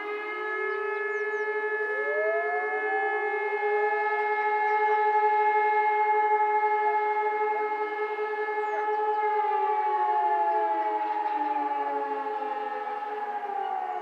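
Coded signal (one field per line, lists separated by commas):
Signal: siren signal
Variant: German Feueralarm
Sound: loud steady siren howl from several distant sirens, pitches drifting and overlapping, no break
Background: outdoor ambience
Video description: Monatlicher Probealarm der Feuerwehrsirenen in Bornheim am 26. Februar 2022 um 11 Uhr mit dem Signal "Feueralarm".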